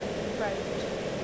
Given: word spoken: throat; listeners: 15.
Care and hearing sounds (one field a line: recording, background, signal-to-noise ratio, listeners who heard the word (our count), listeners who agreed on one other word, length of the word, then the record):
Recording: one English word in noise, from a listening test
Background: speech-shaped noise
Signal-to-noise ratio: -5.8 dB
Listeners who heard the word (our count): 0 of 15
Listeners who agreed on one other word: 8 of 15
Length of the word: 0.85 s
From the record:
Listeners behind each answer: 8, 2, 1, 1, 1, 1, 1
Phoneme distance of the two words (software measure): 17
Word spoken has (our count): 1 syllable, 4 phonemes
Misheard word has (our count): 1 syllable, 3 phonemes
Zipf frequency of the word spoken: 4.16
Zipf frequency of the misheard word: 5.28